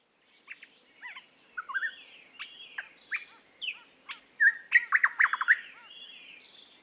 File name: British Library - Eastern Nicator Nicator gularis